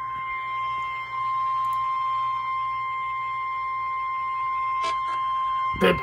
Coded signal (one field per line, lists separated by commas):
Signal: Emergency Alert System (SAME) tones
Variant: 1050 Hz attention tone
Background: speech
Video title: Severe Thunderstorm Warning from KZZ57 (EAS #94)